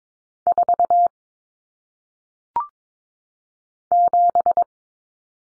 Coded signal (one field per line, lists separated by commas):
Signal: Morse code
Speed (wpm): 22 wpm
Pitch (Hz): 700 Hz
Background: none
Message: 4 7